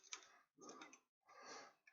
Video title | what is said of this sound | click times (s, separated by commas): Sovol 3D SV01 Unboxing | let me get so this is going to be locked into place | 0.1 s